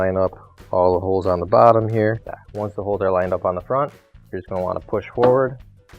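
A Maytag dryer cabinet panel is being lined up by its mounting holes along the bottom and front so it can be pushed forward for its tabs to lock into the metal dryer frame, during a motor pulley replacement. Someone talks throughout, over faint background music. The tabs have not locked yet, and nothing has seated or clicked.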